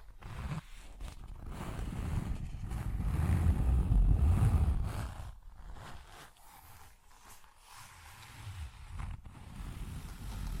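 Scratching and rustling with zipper-like pulls, busy and uneven across the clip. A louder, low rumbling swell builds from about two seconds and peaks near four before fading by five. After that come quieter scrapes, with short gaps of near silence around five and a half and seven seconds.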